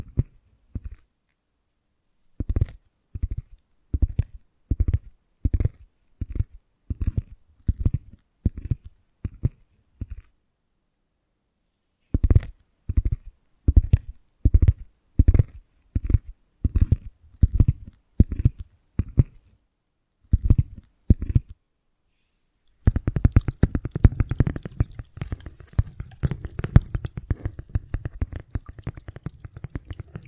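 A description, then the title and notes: Invisible tapping, soft dull knocks repeating at a steady, even pace in two long runs separated by short silences. From about the 23-second mark a continuous scratching takes over, busy, rough and much brighter, filling the rest of the clip. ASMR Magic Trigger Potion Shop Invisible Tapping, Scratching, Tracing (No Talking).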